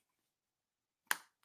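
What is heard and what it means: Turning the zoom ring on a telephoto zoom lens barrel again releases its zoom lock, which unlocks automatically without a separate switch. A single sharp click sounds at 1.1 s as the lock pops open, followed by faint handling noise. The lock is released.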